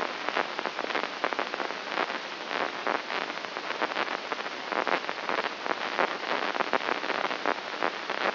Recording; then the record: brain microelectrode recording played as sound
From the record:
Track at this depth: inside the subthalamic nucleus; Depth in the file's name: 5.229 mm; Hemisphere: left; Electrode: 3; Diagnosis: Parkinson's disease